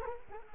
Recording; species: mosquito wingbeat signal from an infrared sensor; Culex quinquefasciatus